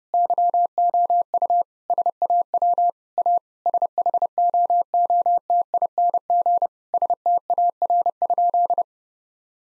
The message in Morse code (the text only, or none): YOU SAW A SHOOTING STAR?